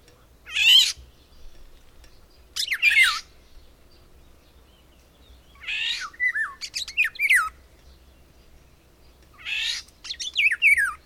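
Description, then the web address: Bird alternating harsh rasping bursts with twisting, warbled whistled phrases, several groups spread throughout. "madarak enek"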